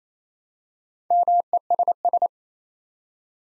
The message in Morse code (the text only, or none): MESS